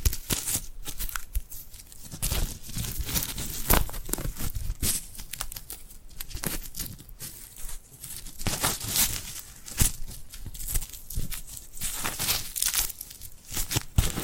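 Glued hands peel and rub in quick, crackly bursts, sticky tearing and crinkling sounds coming every second or so, bright and busy throughout.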